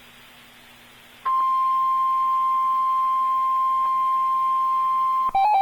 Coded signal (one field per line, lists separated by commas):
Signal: Emergency Alert System (SAME) tones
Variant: 1050 Hz attention tone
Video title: EAS #1225 - Flash Flood Watch 8-22-2015